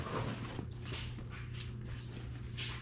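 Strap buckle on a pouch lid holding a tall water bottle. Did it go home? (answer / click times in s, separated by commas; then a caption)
no / none. A 32 oz plastic water bottle sits in a fabric Savotta Vertical Pouch M while the lid strap buckle is pulled toward its latch, giving soft rustling and shuffling over a steady low hum. The buckle fails to latch because the bottle is too tall, and nothing has clicked or seated yet.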